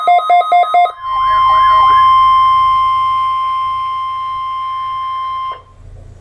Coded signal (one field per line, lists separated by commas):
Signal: Emergency Alert System (SAME) tones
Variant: 1050 Hz attention tone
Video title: Ohio Statewide Tornado Drill 2015 - EAS #562